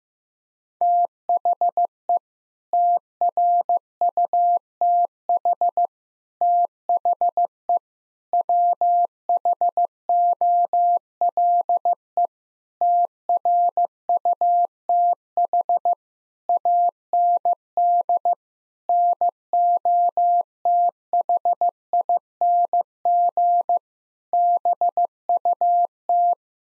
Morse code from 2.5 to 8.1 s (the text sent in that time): TRUTH THE